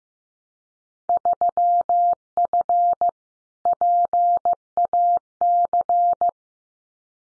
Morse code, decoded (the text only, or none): 3F PAC